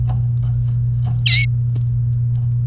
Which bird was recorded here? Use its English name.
Domestic Canary